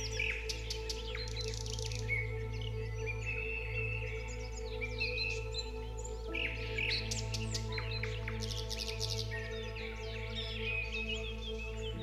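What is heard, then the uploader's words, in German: Birds sing and chirp in busy, overlapping bursts throughout, bright, over a steady low hum and sustained soft musical tones. VOGELGESANG und sanfte MUSIK. Den melodischen Gesang der Vögel in einer natürlichen Waldumgebung. Mit sanfter und entspannender Hintergrundmusik.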